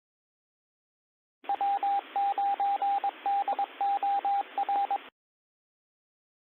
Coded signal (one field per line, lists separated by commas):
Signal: Morse code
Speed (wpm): 22 wpm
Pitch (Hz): 800 Hz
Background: radio noise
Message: W9DOR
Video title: STURGEON BAY AMATEUR RADIO, ARRL NEWS, WEDNESDAY, 2024 01 24 09 06 34